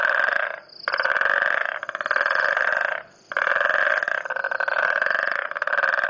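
Frog croaking in long pulsed trains, a buzzy rattle lasting one to two seconds, broken by short pauses.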